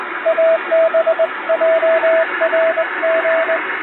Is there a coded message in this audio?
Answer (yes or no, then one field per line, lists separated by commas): yes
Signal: Morse code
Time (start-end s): 0.3-3.6 s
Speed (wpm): 21 wpm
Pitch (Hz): 650 Hz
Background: radio noise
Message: ABJRG